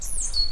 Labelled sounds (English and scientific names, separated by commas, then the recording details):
Stitchbird (Notiomystis cincta) song
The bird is a male
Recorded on Tiritiri Matangi Island, New Zealand, in 2005
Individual 8, of nest box 10